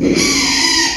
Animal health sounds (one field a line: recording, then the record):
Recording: squeal of a Yucatan mini pig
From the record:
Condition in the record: after surgery on the right vocal fold (resection and tissue-engineered implant)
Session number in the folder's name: 2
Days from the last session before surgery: 13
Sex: male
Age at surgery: 12 weeks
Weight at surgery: 13 kg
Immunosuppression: cyclosporine, prednisolone